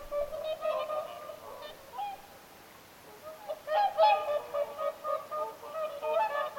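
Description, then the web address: Whooper swans call in two bouts of trumpeting honks separated by a brief quieter pause near three seconds. Whooper swans calling at Lintulahti, 6 November 2025. "paivat 6 11 2025 laulujoutsenten aantelya lintulahdella"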